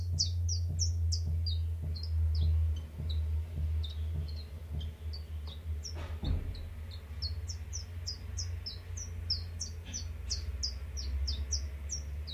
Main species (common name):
Common Chiffchaff